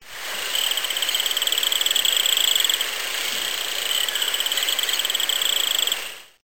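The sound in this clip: Frog calling with a long, high-pitched pulsed trill held for a few seconds, a short pause, then a second similar trill, over a loud steady hiss.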